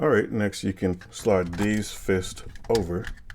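Armour fist pieces for a Fans Hobby MB-11A Black God Armour figure are being handled, to be slid over the action figure's hands and pressed down until they lock. Someone talks throughout, and nothing has seated or clicked yet.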